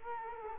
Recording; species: mosquito wingbeat signal from an infrared sensor; Culex quinquefasciatus